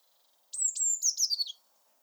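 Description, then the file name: Eurasian blue tit with a single high call lasting about a second, sharp thin notes sliding into a quick descending trill. "Cyanistes caeruleus"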